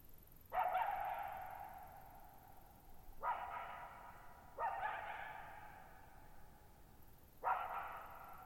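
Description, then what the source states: Coyote giving four hoarse barks at irregular intervals of one to three seconds, each ringing out in a long fading echo over a still, quiet night. Lone coyote at night, July 14, 2019, at Thirtymile Meadows, Okanogan National Forest, Okanogan High Country, Pacific Northwest, 6400 ft, on a dry plateau meadow bowl with boggy ground burbling.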